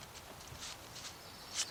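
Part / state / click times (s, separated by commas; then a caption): ignition wire boot onto spark plug tower / not seated / none. The number three ignition wire boot on a Volkswagen Beetle is pushed down by hand onto its spark plug tower, making only soft, rustling bursts of scraping noise around 0.6, 1.0 and 1.6 seconds. The boot has not seated or clicked yet, so hose pliers are to be fetched to grab its metal part.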